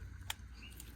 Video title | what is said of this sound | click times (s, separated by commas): Branding our Wagyu cattle, registration tattoos, vaccines, cattle handling 2024 | down till you hear it click | 0.3 s